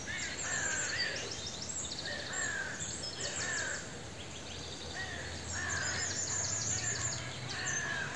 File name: Corvus corone